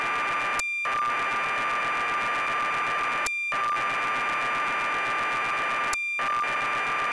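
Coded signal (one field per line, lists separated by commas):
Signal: computer data on cassette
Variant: BBC Micro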